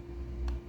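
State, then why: Not seated. A plastic part is pressed into the plastic charging case housing of a TWS 90 Pro earbud case, over a steady low hum with a brief faint tick at 0.5 s. The part fails to fit in, and nothing has seated or clicked yet.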